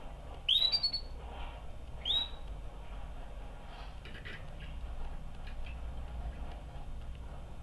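Canary calls: two quick upward-sweeping chirps in the first seconds, then faint clicks and low background hum.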